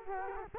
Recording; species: mosquito wingbeat signal from an infrared sensor; Culex quinquefasciatus